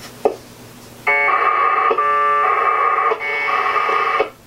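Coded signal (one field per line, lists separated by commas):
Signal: packet radio (AX.25, as in APRS)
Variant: 1200 baud AFSK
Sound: click, then three back-to-back harsh warbling data bursts, about a second each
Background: radio static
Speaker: you should have heard the packet coming through the radio that I have set up over here and then immediately afterward there were two other packets and what that was was other stations out in the ether somewhere retransmitting the packet that I just sent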